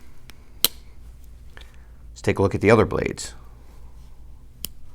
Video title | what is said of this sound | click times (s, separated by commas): Saturday Stockman Stampede Cold Steel Ranch Boss III | then snaps open | 0.6 s